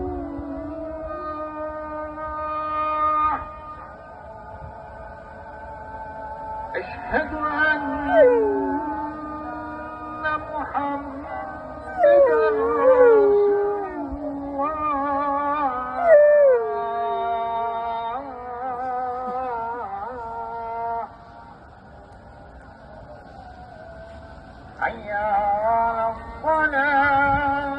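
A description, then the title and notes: A dog howls along with a call to prayer, long sustained tones wavering and sliding downward in phrases. The howls come in bursts around seven, twelve to seventeen, and twenty-five seconds, rising over a steady droning voice with a low rumble beneath. Our dogs were excitedly playing in the park when the call to prayer started and the male one started howling.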